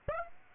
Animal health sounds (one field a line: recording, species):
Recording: mosquito wingbeat signal from an infrared sensor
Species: Aedes aegypti